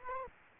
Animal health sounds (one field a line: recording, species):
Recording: mosquito wingbeat signal from an infrared sensor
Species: Aedes aegypti